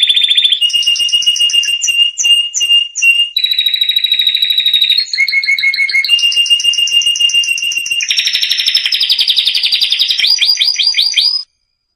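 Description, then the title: Canary song in quick changing tours, each a run of rapid repeated notes, some bubbling, some sweeping or whistled, switching every second or two without pause. Canary singing actively with full fills; a tutor recording for lovebirds, white-rumped shamas, canaries and greater green leafbirds. "Masteran Kenari Gacor Full Isian Untuk Lovebird, Murai Batu, Kenari, Cucak Ijo"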